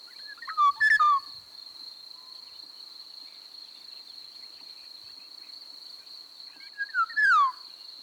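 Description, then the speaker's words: Eurasian golden oriole singing two brief phrases of mellow, flute-like whistles, one early and one late. A continuous shrill insect trill fills the gaps. Recorded at Tatárszentgyörgy; loud song of short fluting, whistle-like phrases; field cricket calling in the background. "Most egy tatár-szentgyörgyi sárgarigót hallunk, a háttérben mezei tücsök és kakukk szól."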